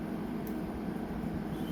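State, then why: Not seated. The cleaned plastic truck and gear assembly of a ScaleTrains N-scale C44-9W locomotive is slid and lined up back into place under the chassis after a wire was in the way. Only a steady low hum and faint soft handling noise are heard, with no distinct click. The truck has not seated or clicked in yet.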